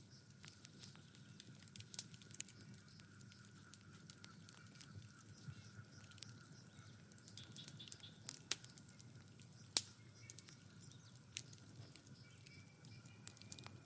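A fireplace burns with a soft low roar and a thin steady tone, sharp crackles and pops scattered throughout, loudest near two and ten seconds.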